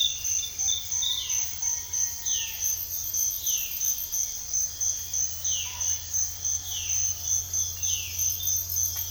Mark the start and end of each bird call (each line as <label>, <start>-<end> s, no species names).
bird call, 0.48-3.80 s
bird call, 5.44-8.20 s